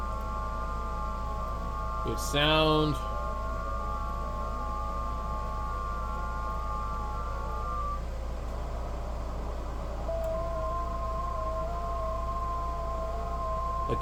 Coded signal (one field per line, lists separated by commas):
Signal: FT8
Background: speech